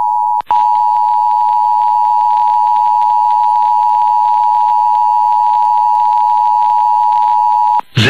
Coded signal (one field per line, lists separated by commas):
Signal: Emergency Alert System (SAME) tones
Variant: 853 and 960 Hz attention tone